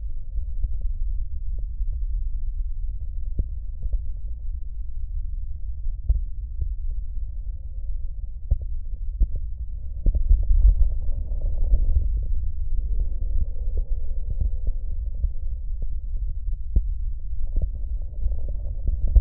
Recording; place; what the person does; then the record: lung sounds by stethoscope; left posterior basal chest; quiet breathing, then deep breathing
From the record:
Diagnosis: COPD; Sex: male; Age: 60 years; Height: 171 cm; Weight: 59.4 kg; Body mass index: 20.3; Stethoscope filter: extended mode